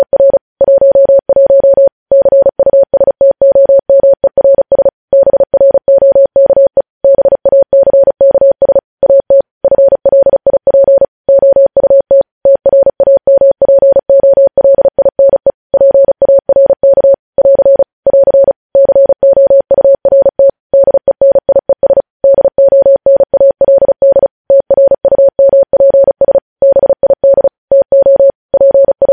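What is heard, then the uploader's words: Morse code sent as a single steady, mid-pitched beep, keyed on and off in quick dots and dashes with short silent gaps between letters and words. The sending runs continuously for the whole half minute at an even pace, clean, with no background noise. Morse code.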